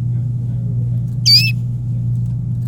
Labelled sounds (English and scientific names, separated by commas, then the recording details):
Domestic Canary (Serinus canaria) song
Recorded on 26 April 2018 at 13:28
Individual llb3